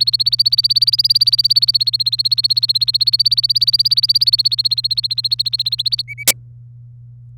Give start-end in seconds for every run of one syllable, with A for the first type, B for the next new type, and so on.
0.01-6.02 A, 6.08-6.23 B